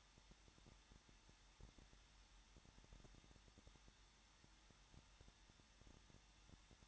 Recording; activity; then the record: daily activity, microphone in the room; no activity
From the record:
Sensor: 3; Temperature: 21.2 degrees Celsius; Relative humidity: 36.4%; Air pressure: 1006.4 hPa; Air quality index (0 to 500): 223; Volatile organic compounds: 43 ppm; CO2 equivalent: 3190 ppm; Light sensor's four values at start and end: 2/3/2/2 and 2/3/2/2